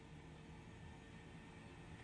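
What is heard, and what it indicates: Faint, steady low airflow hum with no hissing: a CPAP machine running normally with a correctly fitting mask, as used to treat sleep apnoea. A leak at the mask would instead let air escape out the side with a hissing sound.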